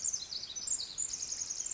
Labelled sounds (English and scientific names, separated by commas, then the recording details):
Pacific Wren (Troglodytes pacificus)
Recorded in Sonoma County, California